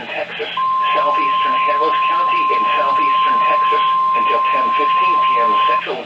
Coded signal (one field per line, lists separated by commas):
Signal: Emergency Alert System (SAME) tones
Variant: 1050 Hz attention tone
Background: speech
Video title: THE CORPUS CHRISTI TX A WARNINGS AND WHAT... EAS Alerts from 06/27/22